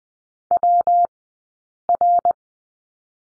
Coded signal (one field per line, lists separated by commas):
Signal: Morse code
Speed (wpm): 20 wpm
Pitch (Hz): 700 Hz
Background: none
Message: WR